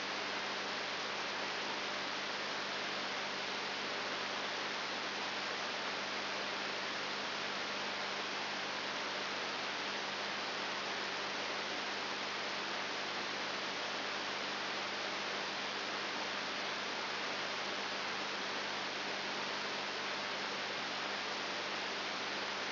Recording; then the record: brain microelectrode recording played as sound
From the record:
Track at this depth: inside the subthalamic nucleus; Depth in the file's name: 5.301 mm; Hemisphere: left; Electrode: 3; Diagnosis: Parkinson's disease